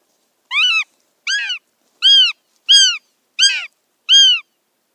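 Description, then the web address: Northern goshawk giving a series of six loud, grating wailing notes, evenly spaced under a second apart, each note arching briefly then falling. Female. "Schulze Peter Goshawk female"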